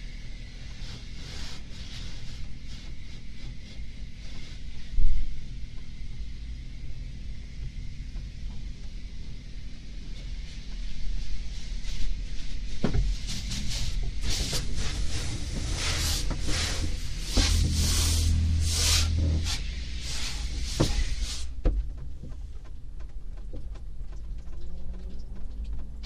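Inside a car going through an automatic car wash, a steady low rumble runs throughout. From about 11 seconds, dense bright spraying and scrubbing builds in repeated surges, loudest between 15 and 21 seconds, then eases off. A sharp thump lands near 5 seconds.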